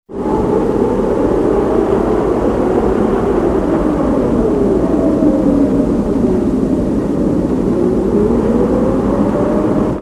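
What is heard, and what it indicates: Steady, unbroken rushing noise with a faint wavering hum: a simulated example of what tinnitus can sound like.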